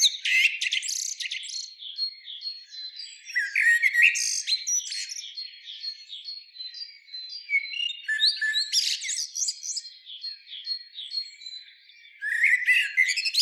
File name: Turdus merula